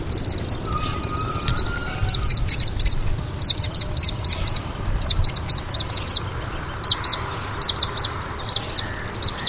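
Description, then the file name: Wood sandpiper calling in sharp high chip notes grouped in twos to fours, repeated every second or so, over steady low background rumble with a brief lower whistle early on. "Tringa glareola - Wood Sandpiper"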